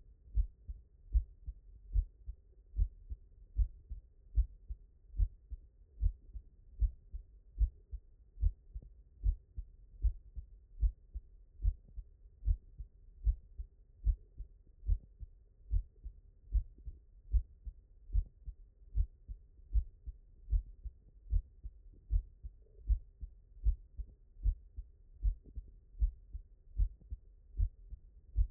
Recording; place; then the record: heart sounds by stethoscope; mitral valve (MV)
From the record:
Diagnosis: non-HFrEF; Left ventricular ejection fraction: 79%